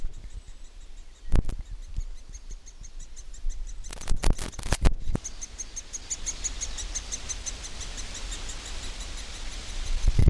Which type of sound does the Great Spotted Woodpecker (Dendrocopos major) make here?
call